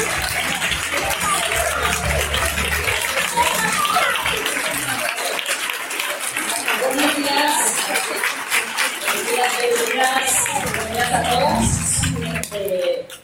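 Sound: ovation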